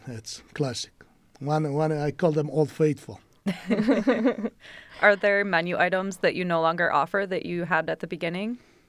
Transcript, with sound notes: It's classic. I call them old faithful. [LAUGHTER]
Are there menu items that you no longer offer that you had at the beginning?